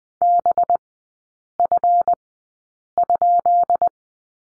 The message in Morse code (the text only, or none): BF?